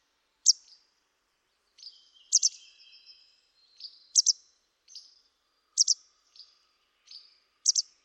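Bird calls: bright double chirps spaced a second or two apart, mixed with shorter high notes and a brief, thin whistle.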